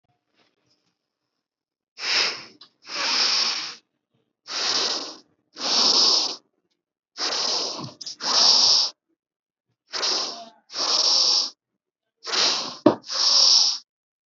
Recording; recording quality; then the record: deep breathing; excellent, no background noise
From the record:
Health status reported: healthy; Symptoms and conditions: none ticked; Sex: male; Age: 29 years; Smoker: not ticked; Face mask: not worn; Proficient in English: no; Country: India